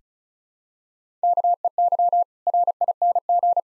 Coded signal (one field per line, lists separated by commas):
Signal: Morse code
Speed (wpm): 36 wpm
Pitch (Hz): 700 Hz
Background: none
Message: KEY RING